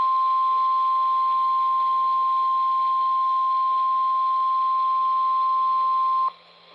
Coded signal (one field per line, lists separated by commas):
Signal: Emergency Alert System (SAME) tones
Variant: 1050 Hz attention tone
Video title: Bonus RWTs From 12/17/25 (EAS #6065-6072)